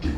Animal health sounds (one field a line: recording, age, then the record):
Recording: pig call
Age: growing-finishing pig (85 days or more)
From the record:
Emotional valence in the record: negative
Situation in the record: barren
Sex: female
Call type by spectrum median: low-frequency call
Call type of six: low-frequency stable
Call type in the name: low-frequency stable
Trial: 2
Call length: 0.18 s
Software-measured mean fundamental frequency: 40 Hz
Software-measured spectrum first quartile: 79 Hz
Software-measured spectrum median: 211 Hz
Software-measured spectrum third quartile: 475 Hz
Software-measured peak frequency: 296 Hz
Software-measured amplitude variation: 141 dB a second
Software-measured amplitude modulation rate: 16.8 a second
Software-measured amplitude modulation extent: 8.4 dB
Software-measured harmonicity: -1.1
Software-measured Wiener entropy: -0.63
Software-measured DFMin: 1028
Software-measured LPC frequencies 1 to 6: 286, 1767, 2567, 3315, 4177, 4664 Hz